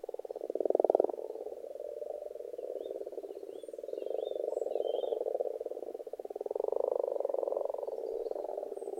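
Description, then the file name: Frogs croaking in an almost continuous rattling chorus, rising and falling in loudness. Frogs in a pond. "benboncan frogs-in-a-pond"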